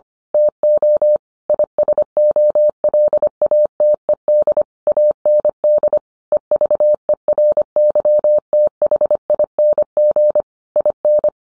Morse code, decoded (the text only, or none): TO ISOLATED AND EVERYTHING IN